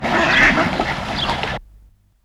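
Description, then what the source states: Pacific black duck giving one loud, harsh, drawn-out quack lasting about a second and a half, then silence. Called grey duck, Māori name parera; New Zealand.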